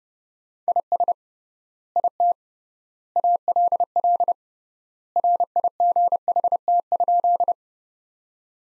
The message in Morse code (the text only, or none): IS IT ALL RIGHT?